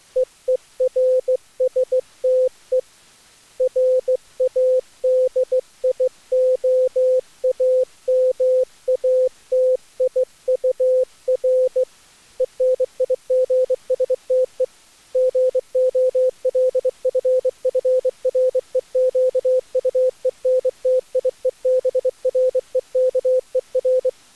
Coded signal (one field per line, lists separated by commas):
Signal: Morse code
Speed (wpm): 24 wpm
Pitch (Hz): 510 Hz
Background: none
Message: EERSTE RADIOAMATIUR ENIGSTE GOLFFREQUENTIEBREKER